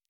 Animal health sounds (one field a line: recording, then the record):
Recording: hydrophone in a shrimp aquaculture tank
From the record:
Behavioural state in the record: feeding